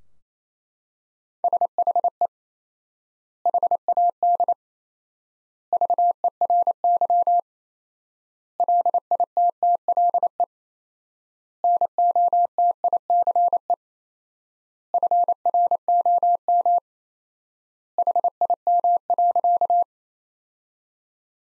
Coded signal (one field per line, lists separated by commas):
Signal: Morse code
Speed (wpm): 28 wpm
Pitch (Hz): 700 Hz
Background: none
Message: SHE HAD VERY LITTLE NOTICE FROM HIM.